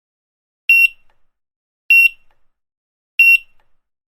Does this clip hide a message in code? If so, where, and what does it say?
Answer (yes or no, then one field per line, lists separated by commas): no